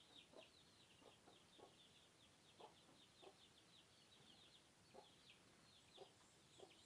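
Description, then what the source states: Chicken clucks come irregularly, soft and short, while high, thin, squeaky chirps continue throughout in the background. Swedish countryside (southern Sweden): hens and small chicks, with squeaking tit nestlings.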